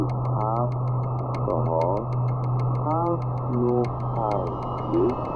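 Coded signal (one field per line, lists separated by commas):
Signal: numbers station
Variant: Persian language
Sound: muffled male voice reading short evenly spaced words over hum and rapid ticking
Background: radio static, ticking interference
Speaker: A mysterious shortwave radio broadcast: a man’s voice, calmly reading random number sequences in Persian.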